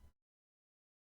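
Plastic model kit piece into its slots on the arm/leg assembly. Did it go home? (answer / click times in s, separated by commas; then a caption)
no / none. A plastic piece from a Gundam Vidar MG model kit is pressed into two slots on the arm/leg assembly; it fits loosely but does not snap in or stay in place, and nothing has clicked. A faint low murmur fades out by about 0.15 s, followed by near silence, then a brief sharp sound at 1.1 s at the very end.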